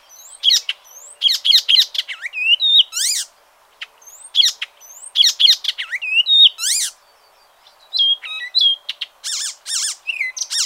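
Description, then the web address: Bird calls: clustered bursts of sharp high chirps and curved, swooping notes, separated by short silences, repeated several times throughout. "ornitologiya slovar Ptichki"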